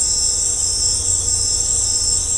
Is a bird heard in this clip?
no